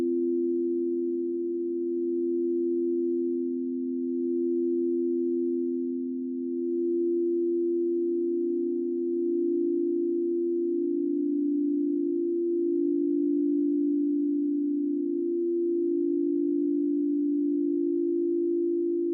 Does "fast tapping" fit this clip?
no